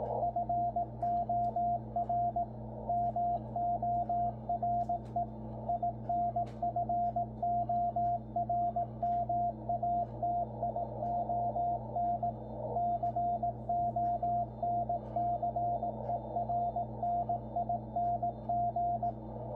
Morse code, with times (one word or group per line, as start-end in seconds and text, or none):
0.2-2.4 FOR
2.9-5.2 MORE
5.7-12.3 INFORMATION
12.8-19.1 CONCERNING